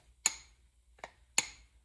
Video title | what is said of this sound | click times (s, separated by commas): How a torque wrench works | When you finally get to that rating, you hear it kind of click against itself. | 0.3 s, 1.4 s